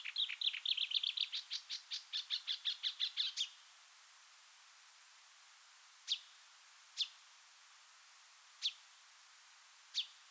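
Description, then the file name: Marsh warbler song, a rapid rattling series of sharp notes for three and a half seconds, followed by silence and four isolated high chip notes spaced one to two seconds apart. "suara kicauan burung marsh warbler. omkicau"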